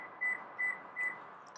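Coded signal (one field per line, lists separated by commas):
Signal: none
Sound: car unlock confirmation beeps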